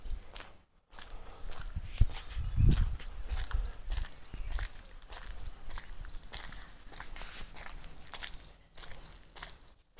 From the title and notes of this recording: Morning walkthrough at the Nilgiris. A pleasant morning walk at the breezy roads of nilgiris.